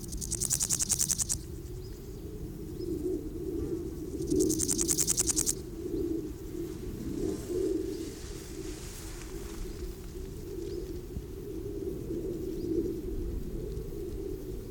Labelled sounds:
Large Gold Grasshopper stridulation
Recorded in the wild
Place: Gößweinstein, Fränkische Schweiz, Bayern, DE
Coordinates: 49.72, 11.07
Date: 1995-09-06 12:19
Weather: schwach sonnig, 19,1°C
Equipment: Nagra SN, Sennheiser ME 80, Kopie Uher 4000 Report Monitor
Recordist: Tembrock, Günter

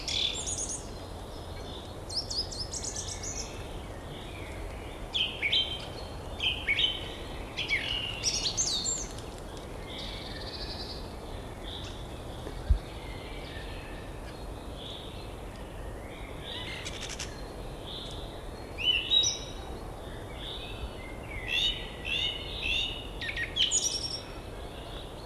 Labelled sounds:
Song Thrush song
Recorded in the wild
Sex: male
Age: adult
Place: Gosener Berge, Berlin, DE
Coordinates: 52.3842, 13.6947
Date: 1990-04-13 18:42
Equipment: Riporter 6 RG-K, Halbspur, Sennheiser MKH 416 T
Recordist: Frommolt, Karl-Heinz

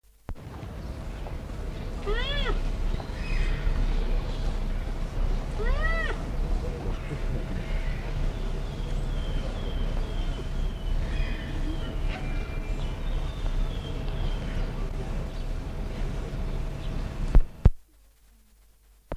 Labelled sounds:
Black Rhinoceros begging call
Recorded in captivity
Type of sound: begging call
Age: adult
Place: Zoo Berlin, Berlin, DE
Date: 1959-08-14 11:45
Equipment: Reporter (Vollspur)
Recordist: TSA
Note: Bettellaute

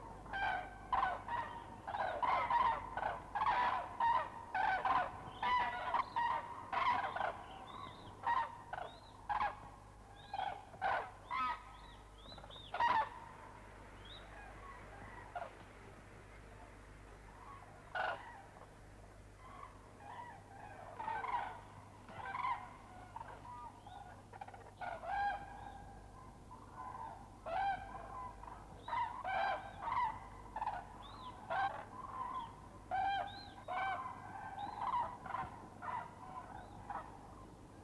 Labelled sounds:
Common Crane call
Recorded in the wild
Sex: group
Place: Templin, Brandenburg, DE
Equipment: Halbspur, 9,5 cm/s
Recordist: Lütgens, Hans

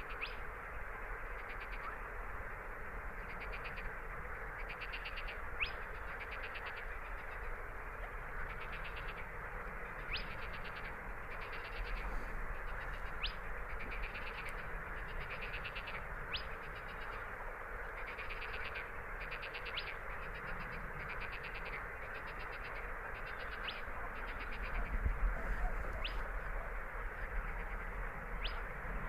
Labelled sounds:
Spotted Crake song
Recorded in the wild
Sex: male
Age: adult
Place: Teerofenbrücke, Nationalpark Unteres Odertal, Brandenburg, DE
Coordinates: 53.1311, 14.3517
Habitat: wetland
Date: 2013-05-04 22:26
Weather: clear, windless, 5°C
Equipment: Sound Devices 702, Sennheiser MKH 70, Rycote Windschutz
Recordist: Frommolt, Karl-Heinz
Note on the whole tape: Gesang eines Tüpfelsumpfhuhnes

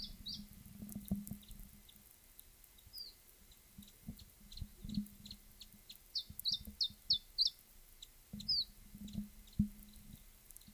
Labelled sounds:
Iberian Chiffchaff
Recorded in the wild
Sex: diverse
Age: adult
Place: Bei Lanestosa, Nordspanien, Baskenland, ES
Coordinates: 43.2333, -3.43333
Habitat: mountain side
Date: 1964-05-05 13:40
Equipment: Nagra III PH, Parabolspiegelmikrophon, LGS26
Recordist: Sapper and Schneider, H.-J

